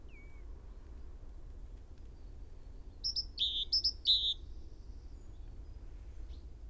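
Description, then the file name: Great tit giving a short burst of high notes alternating with lower buzzy ones, over a steady background hiss of low noise. "Parus major"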